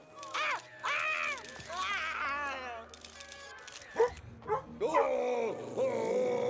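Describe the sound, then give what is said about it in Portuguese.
A dog in a Nickelodeon cartoon audio in Brazilian Portuguese barks and yips in a quick run of high, wavering cries, some stretched into whimpering whines, with a few sharper barks near the end, loud throughout. “Cachorro mal, cachorro mal.”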